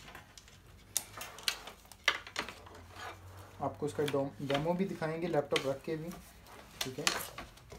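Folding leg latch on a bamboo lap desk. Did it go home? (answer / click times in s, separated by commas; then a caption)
no / none. Someone handles the adjustable folding leg of a bamboo lap desk, moving it into position, with sharp knocks near 1.0 s and 2.1 s and lighter taps around 2.3–2.5 s while someone talks. The leg latch has not seated or clicked yet; the clip ends just before it locks home.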